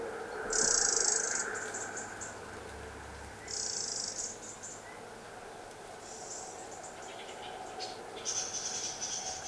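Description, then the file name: Eurasian wren giving harsh, buzzy churring bursts high in pitch, each about a second long, repeated several times over a steady background hiss. "Troglodytes troglodytes"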